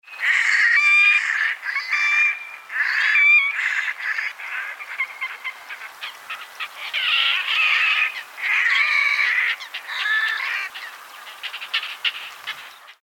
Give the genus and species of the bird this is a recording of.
Podiceps grisegena